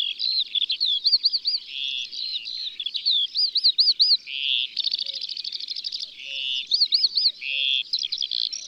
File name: Alouette des champs Chants doiseaux dans la campagne